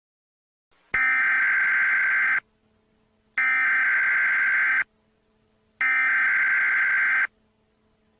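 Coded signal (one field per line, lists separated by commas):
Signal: Emergency Alert System (SAME) tones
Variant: header bursts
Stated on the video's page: Simulated EAS scenario.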